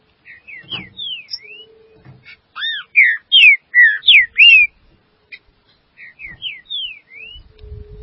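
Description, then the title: Green-winged saltator song, a fluty phrase of swooping slurred whistles, loudest in the middle, then softer notes, with a low hum and brief thumps. "Trinca Ferro"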